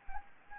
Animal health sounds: mosquito wingbeat signal from an infrared sensor; Anopheles gambiae

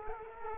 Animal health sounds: mosquito wingbeat signal from an infrared sensor; Culex quinquefasciatus

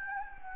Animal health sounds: mosquito wingbeat signal from an infrared sensor; Anopheles gambiae

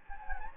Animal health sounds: mosquito wingbeat signal from an infrared sensor; Anopheles gambiae

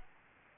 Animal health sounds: mosquito wingbeat signal from an infrared sensor; Aedes albopictus

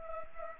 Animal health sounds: mosquito wingbeat signal from an infrared sensor; Culex pipiens

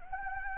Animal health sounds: mosquito wingbeat signal from an infrared sensor; Anopheles gambiae

